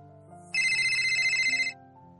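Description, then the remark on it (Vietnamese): A phone ringtone sounds for an incoming call as a mother calls back right after a text saying her daughter won't come home to sleep. A bright, high, pulsing electronic tone lasts about a second over a low, steady musical background, then cuts off. “Một giây tiếp theo, bà Lâm đã gọi điện thoại lại.”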